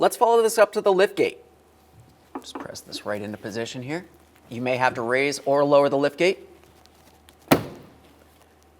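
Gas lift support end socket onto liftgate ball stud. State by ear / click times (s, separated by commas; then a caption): seated / 7.5 s. The upper end socket of a new gas liftgate support on a 2011-2021 Jeep Grand Cherokee is pressed onto the ball stud on the liftgate while someone talks. A single sharp, loud snap at 7.5 seconds marks the socket seating on the stud, and it is secured.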